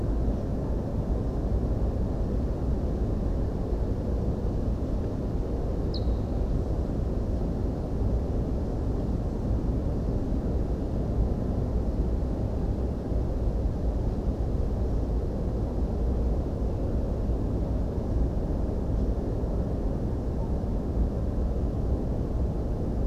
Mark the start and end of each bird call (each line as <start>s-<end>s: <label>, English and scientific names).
5.93s-5.98s: Ortolan Bunting (Emberiza hortulana)